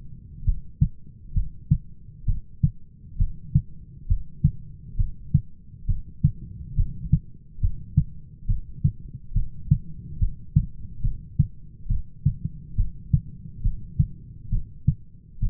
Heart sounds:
heart sounds by stethoscope; 68 bpm
0.46 s: heartbeat
1.35 s: heartbeat
2.27 s: heartbeat
3.19 s: heartbeat
4.09 s: heartbeat
4.98 s: heartbeat
5.88 s: heartbeat
6.77 s: heartbeat
7.62 s: heartbeat
8.49 s: heartbeat
9.35 s: heartbeat
10.20 s: heartbeat
11.03 s: heartbeat
11.90 s: heartbeat
12.78 s: heartbeat
13.64 s: heartbeat
14.52 s: heartbeat
15.42 s: heartbeat
From the record:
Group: heart failure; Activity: rest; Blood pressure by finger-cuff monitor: 126/90 mmHg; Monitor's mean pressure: 104 mmHg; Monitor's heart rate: 68 bpm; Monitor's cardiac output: 6 L/min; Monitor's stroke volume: 89 mL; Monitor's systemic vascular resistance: 1270 dyn s/cm5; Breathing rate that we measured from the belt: 18 breaths a minute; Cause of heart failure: idiopathic cardiomyopathy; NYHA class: 1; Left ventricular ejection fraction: 50%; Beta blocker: bisoprolol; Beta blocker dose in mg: 5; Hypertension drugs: candesartan, spironolactone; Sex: male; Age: 54 years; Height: 180 cm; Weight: 94.6 kg

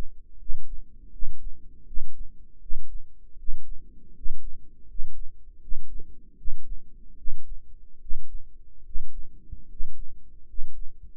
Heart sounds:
heart sounds by microphone in the right ear; 77 bpm
0.38 s: heartbeat
1.12 s: heartbeat
1.86 s: heartbeat
2.60 s: heartbeat
3.38 s: heartbeat
4.14 s: heartbeat
4.87 s: heartbeat
5.61 s: heartbeat
6.37 s: heartbeat
7.17 s: heartbeat
8.00 s: heartbeat
8.84 s: heartbeat
9.68 s: heartbeat
10.46 s: heartbeat
From the record:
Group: healthy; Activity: rest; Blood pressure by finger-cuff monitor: 107/70 mmHg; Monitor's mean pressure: 78 mmHg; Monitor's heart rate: 80 bpm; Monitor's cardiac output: 6.4 L/min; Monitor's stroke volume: 81 mL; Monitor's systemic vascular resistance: 880 dyn s/cm5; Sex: male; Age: 35 years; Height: 180 cm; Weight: 86.9 kg

